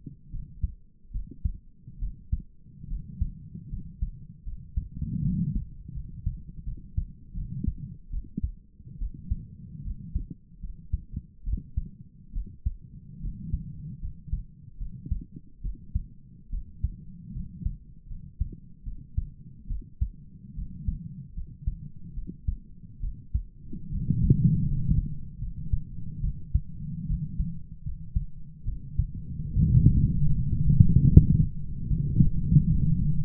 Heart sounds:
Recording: heart sounds by stethoscope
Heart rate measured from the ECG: 74 bpm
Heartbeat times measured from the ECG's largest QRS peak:
0.32 s: heartbeat
1.13 s: heartbeat
2.00 s: heartbeat
2.89 s: heartbeat
3.70 s: heartbeat
4.45 s: heartbeat
5.23 s: heartbeat
5.94 s: heartbeat
6.65 s: heartbeat
7.35 s: heartbeat
8.12 s: heartbeat
8.99 s: heartbeat
9.84 s: heartbeat
10.61 s: heartbeat
11.45 s: heartbeat
12.34 s: heartbeat
13.21 s: heartbeat
14.01 s: heartbeat
14.79 s: heartbeat
15.62 s: heartbeat
16.51 s: heartbeat
17.33 s: heartbeat
18.08 s: heartbeat
18.85 s: heartbeat
19.68 s: heartbeat
20.55 s: heartbeat
21.35 s: heartbeat
22.15 s: heartbeat
23.01 s: heartbeat
23.91 s: heartbeat
24.66 s: heartbeat
25.40 s: heartbeat
26.22 s: heartbeat
27.07 s: heartbeat
27.84 s: heartbeat
28.66 s: heartbeat
29.55 s: heartbeat
30.36 s: heartbeat
31.10 s: heartbeat
31.88 s: heartbeat
32.68 s: heartbeat
From the record:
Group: healthy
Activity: rest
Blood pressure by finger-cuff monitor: 118/55 mmHg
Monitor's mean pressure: 74 mmHg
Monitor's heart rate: 74 bpm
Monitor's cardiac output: 8 L/min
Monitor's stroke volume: 108 mL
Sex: female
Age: 22 years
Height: 160 cm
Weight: 63 kg

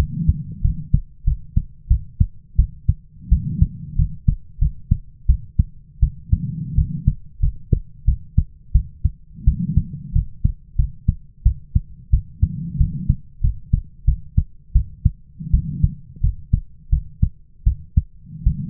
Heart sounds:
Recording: heart sounds by stethoscope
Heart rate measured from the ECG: 88 bpm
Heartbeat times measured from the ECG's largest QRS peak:
0.62 s: heartbeat
1.25 s: heartbeat
1.88 s: heartbeat
2.56 s: heartbeat
3.29 s: heartbeat
3.96 s: heartbeat
4.59 s: heartbeat
5.27 s: heartbeat
6.00 s: heartbeat
6.75 s: heartbeat
7.40 s: heartbeat
8.05 s: heartbeat
8.72 s: heartbeat
9.45 s: heartbeat
10.13 s: heartbeat
10.76 s: heartbeat
11.43 s: heartbeat
12.11 s: heartbeat
12.78 s: heartbeat
13.41 s: heartbeat
14.05 s: heartbeat
14.73 s: heartbeat
15.51 s: heartbeat
16.21 s: heartbeat
16.90 s: heartbeat
17.64 s: heartbeat
18.44 s: heartbeat
From the record:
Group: healthy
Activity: rest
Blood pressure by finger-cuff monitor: 105/67 mmHg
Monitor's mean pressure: 80 mmHg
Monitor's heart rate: 89 bpm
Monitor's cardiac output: 7.6 L/min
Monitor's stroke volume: 85 mL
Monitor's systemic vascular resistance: 770 dyn s/cm5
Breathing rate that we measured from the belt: 20 breaths a minute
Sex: female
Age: 22 years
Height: 157 cm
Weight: 47.6 kg

